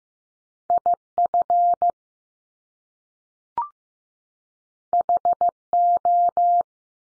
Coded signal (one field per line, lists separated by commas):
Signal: Morse code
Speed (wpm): 15 wpm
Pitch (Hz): 700 Hz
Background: none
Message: I FH O